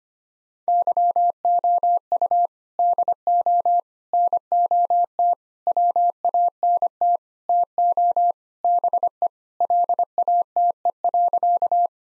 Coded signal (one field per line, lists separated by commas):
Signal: Morse code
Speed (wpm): 25 wpm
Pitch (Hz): 700 Hz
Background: none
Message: YOU DO NOT WANT TO BE LATE.